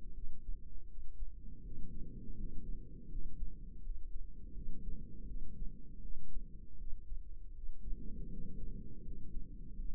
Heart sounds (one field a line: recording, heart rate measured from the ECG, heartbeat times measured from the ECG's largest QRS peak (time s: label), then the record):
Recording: heart sounds by microphone in the right ear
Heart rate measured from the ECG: 81 bpm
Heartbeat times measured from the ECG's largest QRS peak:
0.12 s: heartbeat
0.86 s: heartbeat
1.61 s: heartbeat
2.34 s: heartbeat
3.07 s: heartbeat
3.80 s: heartbeat
4.52 s: heartbeat
5.24 s: heartbeat
5.99 s: heartbeat
6.75 s: heartbeat
7.51 s: heartbeat
8.27 s: heartbeat
9.02 s: heartbeat
9.74 s: heartbeat
From the record:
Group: healthy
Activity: cold pressor test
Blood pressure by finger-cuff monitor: 127/95 mmHg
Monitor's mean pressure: 106 mmHg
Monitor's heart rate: 81 bpm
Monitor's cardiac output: 5.8 L/min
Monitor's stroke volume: 71 mL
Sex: female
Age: 32 years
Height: 172 cm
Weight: 71.7 kg